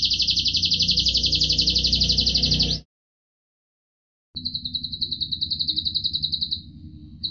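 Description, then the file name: Atlantic canary singing rapid high trills, then a silent gap before a thinner trill resumes; low background hum while it sings. Cililin-style canary song used as a fill (isian) recording for training other songbirds. "suara kenari isian cililin omkicau"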